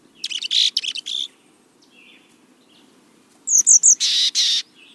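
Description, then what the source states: Mexican Chickadee calls: a burst of buzzy notes, a pause, then high thin chips followed by two longer buzzy notes. Just nudges into the mountains of southeast Arizona.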